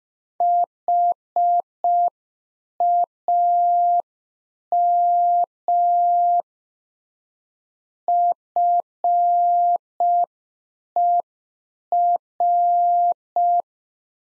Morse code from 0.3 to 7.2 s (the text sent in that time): HAM